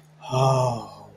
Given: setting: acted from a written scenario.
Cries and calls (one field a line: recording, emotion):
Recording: vocal sound without words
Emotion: awe